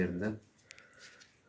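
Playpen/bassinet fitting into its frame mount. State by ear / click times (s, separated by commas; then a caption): seated / 0.7 s. A part of an ELELE Madre bedside playpen and bassinet is pushed into its frame mount while someone talks. A short, sharp click is heard at 0.7 s as the part snaps and seats into place, followed by a fainter tick just after.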